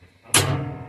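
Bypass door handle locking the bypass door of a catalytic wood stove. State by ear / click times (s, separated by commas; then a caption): seated / 0.3 s. The bypass door handle of a Blaze King catalytic wood stove is pushed all the way down to close the catalytic bypass door. A sharp metallic hit sounds at 0.4 s and rings out as it fades. The door locks closed into place.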